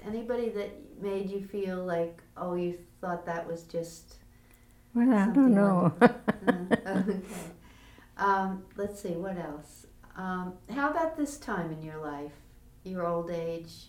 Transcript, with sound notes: Anybody that made you feel like, oh, you thought that was just--?
Well, I don't know [Laughs]
Okay, let's see. What else? How about this time in your life, your old age?